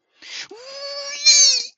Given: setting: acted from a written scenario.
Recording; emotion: vocal sound without words; elation